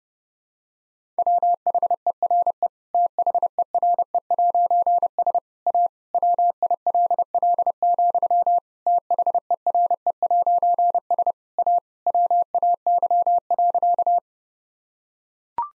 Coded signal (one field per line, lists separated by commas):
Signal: Morse code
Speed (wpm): 32 wpm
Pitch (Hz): 700 Hz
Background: none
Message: WHERE THERE'S A WILL, THERE'S A WAY.